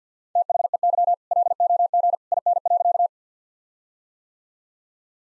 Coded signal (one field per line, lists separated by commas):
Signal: Morse code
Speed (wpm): 48 wpm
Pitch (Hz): 700 Hz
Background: none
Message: THEY LOG IN.